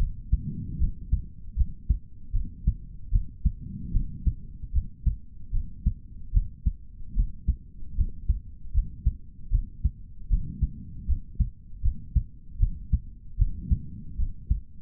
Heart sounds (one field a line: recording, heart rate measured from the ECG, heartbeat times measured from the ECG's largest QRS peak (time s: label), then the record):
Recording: heart sounds by stethoscope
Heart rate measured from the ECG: 76 bpm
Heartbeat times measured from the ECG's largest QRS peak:
0.78 s: heartbeat
1.55 s: heartbeat
2.32 s: heartbeat
3.10 s: heartbeat
3.92 s: heartbeat
4.72 s: heartbeat
5.51 s: heartbeat
6.32 s: heartbeat
7.14 s: heartbeat
7.96 s: heartbeat
8.73 s: heartbeat
9.50 s: heartbeat
10.28 s: heartbeat
11.06 s: heartbeat
11.82 s: heartbeat
12.58 s: heartbeat
13.37 s: heartbeat
14.16 s: heartbeat
From the record:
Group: healthy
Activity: rest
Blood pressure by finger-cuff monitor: 134/77 mmHg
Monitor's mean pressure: 97 mmHg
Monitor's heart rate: 75 bpm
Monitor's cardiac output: 4.4 L/min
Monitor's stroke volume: 57 mL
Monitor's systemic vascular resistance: 1670 dyn s/cm5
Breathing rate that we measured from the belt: 18 breaths a minute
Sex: male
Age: 55 years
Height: 167 cm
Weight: 57.2 kg